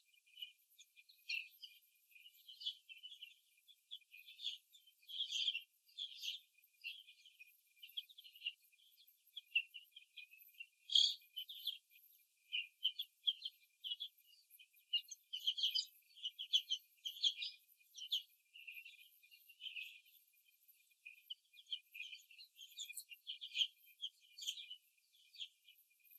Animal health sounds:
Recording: young laying hens in a cage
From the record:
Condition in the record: after the stressor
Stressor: simulated dog barking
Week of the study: 2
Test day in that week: 3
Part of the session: 1

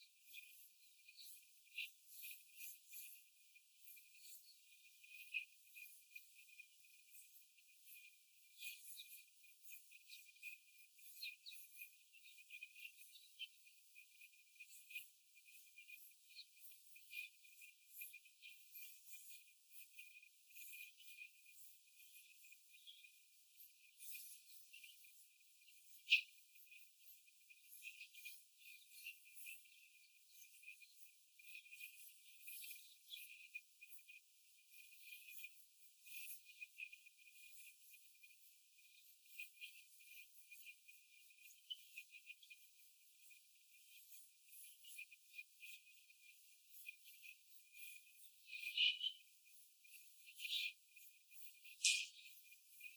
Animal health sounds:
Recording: young laying hens in a cage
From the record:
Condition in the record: before the stressor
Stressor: simulated dog barking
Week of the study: 4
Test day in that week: 1

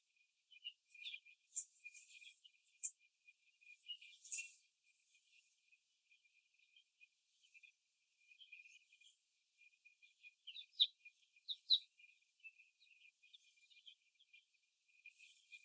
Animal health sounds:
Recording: young laying hens in a cage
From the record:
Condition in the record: after the stressor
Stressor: simulated dog barking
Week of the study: 2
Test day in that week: 2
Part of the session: 2

